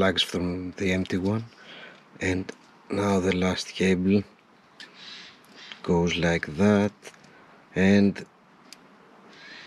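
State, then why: Seated. The last cable's crimped wire terminal is pushed into its cavity in the plastic TE AMP connector housing of a headlight height-level sensor plug on an Alfa Romeo MiTo with xenon headlights. Someone talks throughout, and a short, sharp click is heard at 8.7 s. The terminal seats in place.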